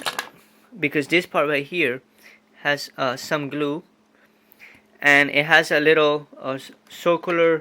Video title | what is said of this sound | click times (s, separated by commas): CASIO CDP 130 Fixed (Part 2) | and I can just simply snap it out | 0.1 s, 0.2 s